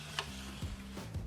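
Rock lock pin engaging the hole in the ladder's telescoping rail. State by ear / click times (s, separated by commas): seated / 0.2 s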